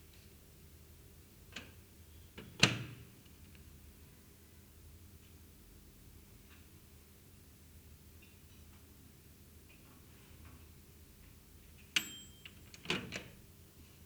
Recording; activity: daily activity, guitar pickup as the sensor; use microwave